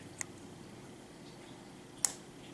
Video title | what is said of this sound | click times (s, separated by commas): $1,100 Gaming PC Build - Part 2 - The Complete Build, Up Close & Explained In Detail | until we hear a snap. | 2.0 s